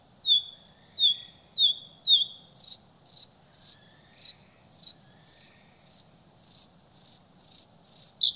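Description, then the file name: Bluethroat song: a steady series of clear ringing notes, about two per second, growing slightly fuller and ending on a lower twang. "Blauwborst"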